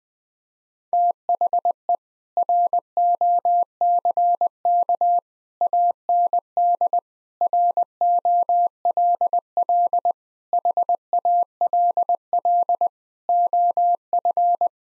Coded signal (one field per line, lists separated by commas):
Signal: Morse code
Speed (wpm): 21 wpm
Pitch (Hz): 700 Hz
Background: none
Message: THE ROCK AND ROLL HALL OF